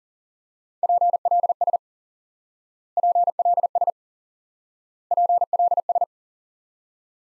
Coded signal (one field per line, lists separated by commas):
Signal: Morse code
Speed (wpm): 40 wpm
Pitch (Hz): 700 Hz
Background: none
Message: PLS PLS PLS